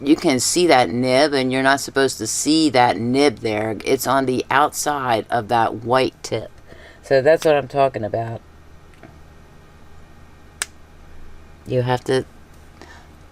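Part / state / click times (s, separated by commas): gel pen ink refill into the pen's tip housing / seated / 10.6 s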